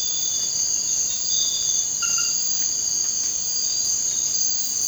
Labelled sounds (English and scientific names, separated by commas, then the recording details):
none
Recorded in secondary vegetation near Puerto Asís, Putumayo, Colombia, on 19 March 2025 at 00:30
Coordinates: 0.484, -76.319
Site G010